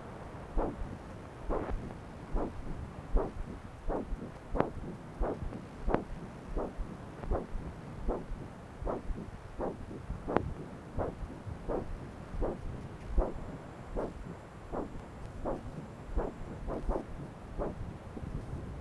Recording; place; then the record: Doppler ultrasound of blood flow; right subclavian vein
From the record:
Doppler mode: continuous wave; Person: adult scuba diver, at rest before a dive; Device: O'Dive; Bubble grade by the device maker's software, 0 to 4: 0